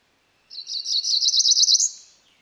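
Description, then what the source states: Cerulean warbler's high, buzzy phrase: a few separate buzzes quickening into a fast trill, then a rising buzzy end. Female.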